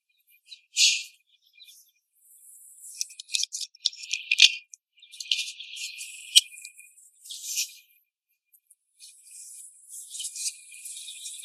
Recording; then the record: young laying hens in a cage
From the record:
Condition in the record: before the stressor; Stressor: simulated dog barking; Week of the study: 1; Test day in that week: 2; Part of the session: 4